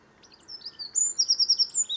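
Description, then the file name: Eurasian wren delivering a shrill, hurried string of high notes that builds into a rapid pulsing trill, cut off abruptly at the end, over soft background hiss. "Troglodytes troglodytes"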